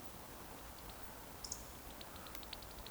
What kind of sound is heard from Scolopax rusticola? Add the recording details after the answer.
whistle. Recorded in Baden-Württemberg, Germany, on 15 June 2020 at 20:26 UTC. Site 14569, 102 m above sea level